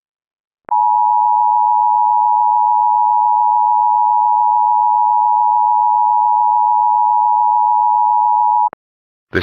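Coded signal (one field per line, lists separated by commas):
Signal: Emergency Alert System (SAME) tones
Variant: 853 and 960 Hz attention tone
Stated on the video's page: Reenactment mock of a severe thunderstorm warning with valid EAS tones, made with edited headers and audio editing.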